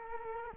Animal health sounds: mosquito wingbeat signal from an infrared sensor; Culex quinquefasciatus

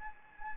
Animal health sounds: mosquito wingbeat signal from an infrared sensor; Anopheles gambiae

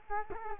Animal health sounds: mosquito wingbeat signal from an infrared sensor; Culex quinquefasciatus

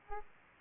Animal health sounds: mosquito wingbeat signal from an infrared sensor; Aedes aegypti

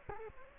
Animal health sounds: mosquito wingbeat signal from an infrared sensor; Culex quinquefasciatus

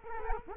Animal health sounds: mosquito wingbeat signal from an infrared sensor; Culex quinquefasciatus

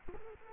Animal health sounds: mosquito wingbeat signal from an infrared sensor; Culex quinquefasciatus

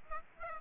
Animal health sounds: mosquito wingbeat signal from an infrared sensor; Aedes aegypti

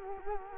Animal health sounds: mosquito wingbeat signal from an infrared sensor; Culex quinquefasciatus

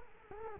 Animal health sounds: mosquito wingbeat signal from an infrared sensor; Culex quinquefasciatus

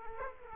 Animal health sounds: mosquito wingbeat signal from an infrared sensor; Aedes aegypti

